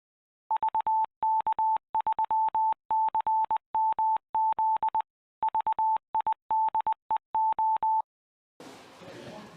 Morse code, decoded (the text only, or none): VK3CMZ VIDEO